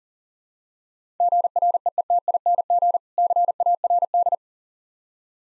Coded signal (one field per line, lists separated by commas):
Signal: Morse code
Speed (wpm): 40 wpm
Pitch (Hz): 700 Hz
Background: none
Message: GREETING CARD